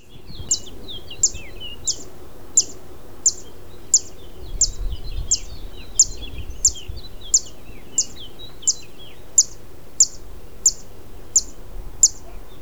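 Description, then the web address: Zitting cisticola repeating a thin, piercing 'zit' at a regular pace, while a busy chorus of lower bird chatter runs beneath. "Zitting cisticola. صدای-پرنده-سبدنشین-چکاچک"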